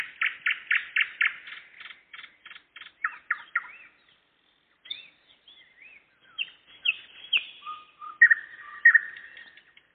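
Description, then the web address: Nightingale song opening with loud, fast repeated notes, then after a brief pause sparser whistles and slurred chirps. Singing in the evening, 11 May 2014. "spiew-slowika-11052014-wieczor"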